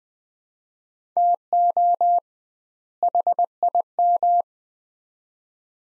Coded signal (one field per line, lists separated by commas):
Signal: Morse code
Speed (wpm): 20 wpm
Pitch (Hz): 700 Hz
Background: none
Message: TO HIM